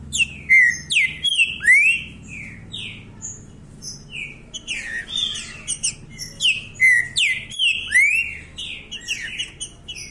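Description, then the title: Green-winged saltator song: loud, rich whistled phrases with slurred falling and rising notes, delivered in quick bursts with short pauses, over a low steady hum. Song style labelled "voz 07"; the bird is said to sing nonstop like this all year round. "Canto De Trinca Ferro Voz 07. O ANO TODO DESSE JEITO, ESSE TRINCA FERRO CANTA DIRETO"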